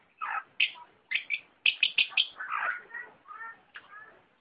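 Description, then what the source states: Long-tailed shrike delivering a quick series of sharp high notes, then softer warbled and whistled phrases fading out. A combination song.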